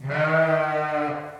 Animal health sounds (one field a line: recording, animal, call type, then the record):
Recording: contact call of a hoofed animal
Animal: sheep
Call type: low-frequency (closed-mouth) or high-frequency (open-mouth) call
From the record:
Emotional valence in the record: negative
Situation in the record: short social isolation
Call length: 1.40 s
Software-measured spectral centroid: 1480 Hz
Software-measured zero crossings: 1720 a second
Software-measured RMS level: -23 dBFS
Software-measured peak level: -10 dBFS